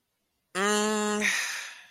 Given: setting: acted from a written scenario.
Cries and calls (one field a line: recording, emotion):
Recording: vocal sound without words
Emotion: contempt